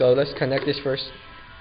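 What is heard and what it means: A battery lead's plug is handled in preparation for being pushed into a helicopter's power connector while someone talks over background music. Nothing has seated or clicked yet; the clip ends just before the plug goes home.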